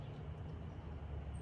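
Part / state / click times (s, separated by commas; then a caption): airbag bypass plug into seat harness connector / not seated / none. The red airbag/seat belt bypass plug of a 2012 Mini Cooper R56 is handled as it is pushed toward its socket under the passenger seat, tab facing out. A steady low-frequency rumble with broadband noise runs through the whole clip, with no sharp transients. Nothing has seated or clicked yet.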